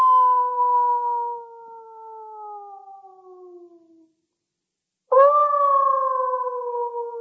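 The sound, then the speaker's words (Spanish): Mountain wolves howling in the distance: one long, steady howl that slowly slides downward in pitch and fades, a brief silence, then a second howl rising in sharply and holding strong. “En la lejanía, aullaban los lobos del monte.”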